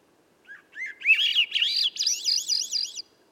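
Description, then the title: Swainson's thrush delivers a single rising, spiralling song phrase, whistled notes winding ever higher and ending in quick high trills. Single bird singing at dusk near a campsite, perched about 9 m away, 3 m up in a red alder at a cut clearing edge among young western hemlock and redcedar; MixPre6 recorder, Pluggy microphone. "A Swainson's Thrush Gift"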